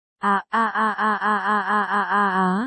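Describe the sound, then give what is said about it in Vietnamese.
A loud, high-pitched human scream in a classroom as three boys find caterpillars in their school bags: one short burst, a brief gap, then a long sustained cry that wavers in quick regular pulses and rises slightly at the end. No talking. “tiếng hét vang vọng mọi ngóc ngách.”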